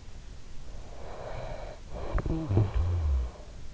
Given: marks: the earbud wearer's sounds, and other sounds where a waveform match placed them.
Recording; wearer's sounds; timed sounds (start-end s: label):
sounds in sleep by an in-ear microphone; snoring breath
0.76-3.52 s: snoring breath